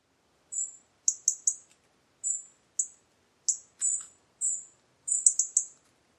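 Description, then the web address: European robin calls: thin, very high notes, some drawn out and some in quick bursts of three or four, scattered irregularly throughout with silence between. "Deverinetal 2025 File origin Bird Only Er Ru"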